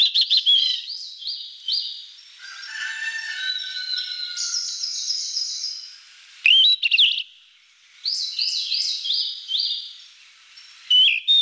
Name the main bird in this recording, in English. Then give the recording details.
Yellow-rumped Flycatcher. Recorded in the wild. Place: Kedrojawa Pad-Nationalpark, RU. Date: 1994-06-10. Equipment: Dat-Recorder Casio DA 7, Telinga DAT, Telinga-Parabolspiegel. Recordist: Schwarz, Dieter. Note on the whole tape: Song